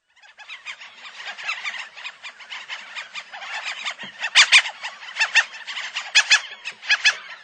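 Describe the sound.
Franklin's gull calls, shrill squealing notes in irregular bursts, louder sharp cries in the second half.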